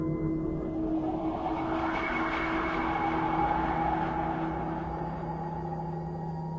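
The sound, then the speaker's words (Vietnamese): A steady, roaring wind gusting into a tent and shaking its door, with a low hum and thin whistling tones running through it, swelling slightly in the middle before easing, continuous and without any voices. “Tiếng gió rít lên giận dữ, nhưng lẫn trong đó là tiếng khóc nỉ non ai oán giận người.”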